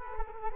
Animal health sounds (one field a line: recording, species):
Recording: mosquito wingbeat signal from an infrared sensor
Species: Culex quinquefasciatus